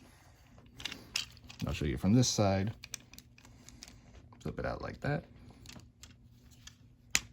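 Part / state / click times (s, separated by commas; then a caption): shoulder part into the torso of a transforming toy robot / seated / 7.1 s. Someone talks while handling a Transformers Gamer Edition War for Cybertron Ratchet toy robot, with soft plastic clicks and taps. The plastic shoulder part is flipped out, and a sharp click at 7.2 s marks it popping into place in the torso, seated.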